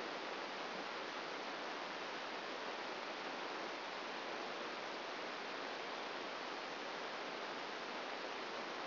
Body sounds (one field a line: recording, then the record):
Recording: brain microelectrode recording played as sound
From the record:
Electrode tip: outside the subthalamic nucleus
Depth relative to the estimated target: 4 mm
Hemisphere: left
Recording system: AlphaMap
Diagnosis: Parkinson's disease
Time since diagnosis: 9 years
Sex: male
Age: 68 years